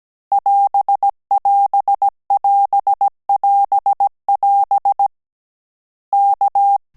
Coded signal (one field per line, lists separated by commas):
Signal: Morse code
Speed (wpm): 17 wpm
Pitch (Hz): 800 Hz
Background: none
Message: <AS><AS><AS><AS><AS> K